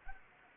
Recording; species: mosquito wingbeat signal from an infrared sensor; Anopheles arabiensis